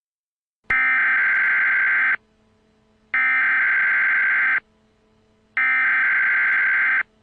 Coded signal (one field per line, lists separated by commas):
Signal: Emergency Alert System (SAME) tones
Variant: header bursts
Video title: EAS Short: Anti Matter Apocolypse